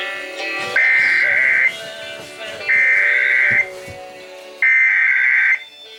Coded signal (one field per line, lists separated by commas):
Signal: Emergency Alert System (SAME) tones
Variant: header bursts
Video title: I LEFT IT AT HOME... EAS Tests from May, 2021 (EAS #5,763 - 5,774)